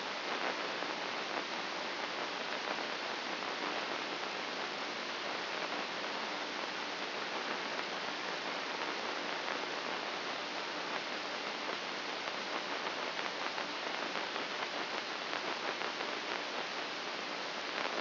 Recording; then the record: brain microelectrode recording played as sound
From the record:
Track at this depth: inside the subthalamic nucleus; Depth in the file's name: 3.631 mm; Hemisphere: left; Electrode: 2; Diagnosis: Parkinson's disease